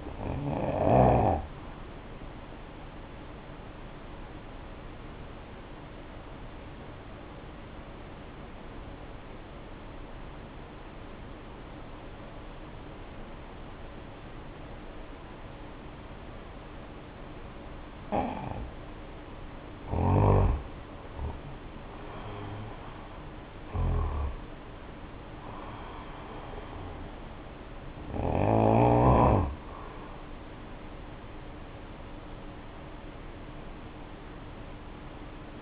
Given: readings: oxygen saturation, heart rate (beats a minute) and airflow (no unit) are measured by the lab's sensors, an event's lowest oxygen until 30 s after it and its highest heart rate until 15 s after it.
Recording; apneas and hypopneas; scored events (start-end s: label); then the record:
breathing in sleep by a voice recorder at the bedside; 1
4.00-21.40 s: obstructive apnea (N2, oxygen 96% highest, then 81% lowest, heart rate 61 at the start, 73 highest)
20.00-35.62 s: new sleep stage, N1 (lightest sleep)
From the record:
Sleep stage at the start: N2 (light sleep); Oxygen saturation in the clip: 83 to 96%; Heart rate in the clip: 57 to 73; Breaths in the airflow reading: 5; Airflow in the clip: -3.9 to 5.7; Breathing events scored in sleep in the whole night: 520 in 7.2 hours asleep